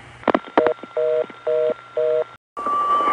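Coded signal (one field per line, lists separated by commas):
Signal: telephone call progress tone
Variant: North America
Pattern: reorder tone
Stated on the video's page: Historic 1970s electromechanical telephone sounds sampled from recorded libraries.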